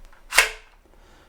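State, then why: Seated. A plastic flight battery is pushed into the battery bay of an upside-down DJI Mini 3 Pro drone, with its release tabs at the bottom. A single sharp, loud click at 0.4 s fades quickly into near silence. The battery is seated in the bay.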